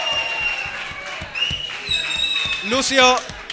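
A crowd claps steadily while people shout and cheer over the applause, with a louder burst of yelling near the end.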